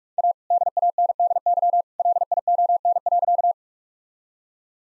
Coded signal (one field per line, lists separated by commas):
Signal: Morse code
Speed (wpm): 46 wpm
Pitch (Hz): 700 Hz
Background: none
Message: A DANDY LION.